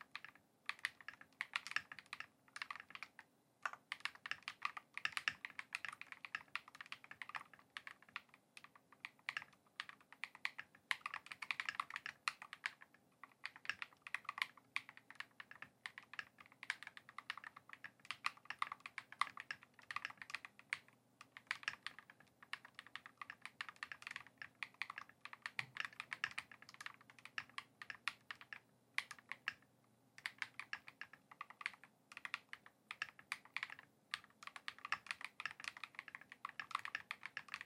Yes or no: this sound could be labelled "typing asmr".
yes